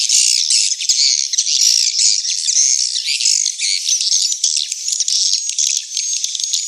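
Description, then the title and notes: Swiftlets twittering in a dense, high-pitched chorus of rapid chirps and buzzy notes, with a thin whistled tone running through the second half. Swiftlet house sound of the AKAU brand, from Tien Giang, Vietnam. "Am thanh nha yen Akau Vietnam - Tien giang. Những âm thanh chim yến thuộc thương hiệu AKAU"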